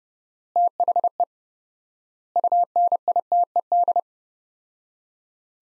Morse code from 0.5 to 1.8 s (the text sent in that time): THE